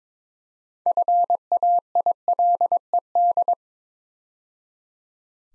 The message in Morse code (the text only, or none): FAILED